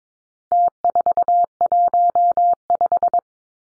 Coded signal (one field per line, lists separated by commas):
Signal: Morse code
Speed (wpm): 22 wpm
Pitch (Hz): 700 Hz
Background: none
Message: T415